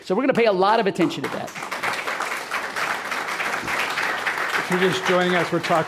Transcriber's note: applause